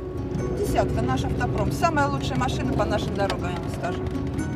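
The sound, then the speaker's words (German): A grass-green Lada car, used as a taxi, drives the 78-kilometre route from Volgograd to Leninsk through the southern Russian steppe; its engine drones with steady low road rumble while voices talk over it throughout, the rumble holding an even level underneath. “Es sind 78 Kilometer durch die südrussische Steppe in einem grasgrünen Lader.”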